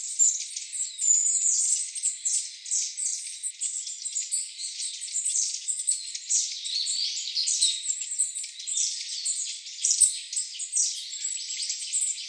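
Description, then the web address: Long-tailed tit calls, thin high-pitched twitters pouring out without pause, many notes overlapping throughout. "birdenaga enaga"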